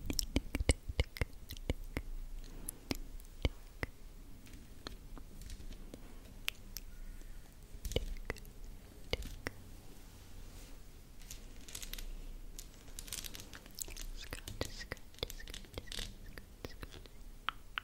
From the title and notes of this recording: ASMR Scratching Your Face Hand Movements & Personal Attention.